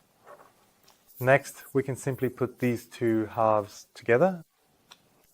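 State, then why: Partly seated. Someone talks while the two plastic halves of a Ford folding car key housing are pushed together, and a faint tick is heard at 4.9 s. The halves are still not fully closed and remain a bit loose, so they are to be pressed again from the other side.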